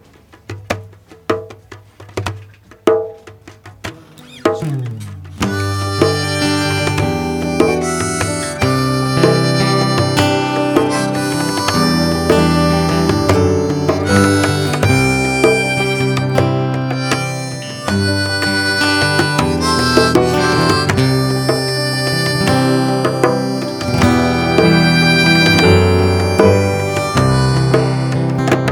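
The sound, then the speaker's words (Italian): An acoustic band plays an acoustic re-arrangement of a song live, opening with a few sparse plucked notes and taps before the full ensemble comes in with a steady, loud, harmonically rich groove that carries on throughout. “presentare il riarrangiamento acustico del brano”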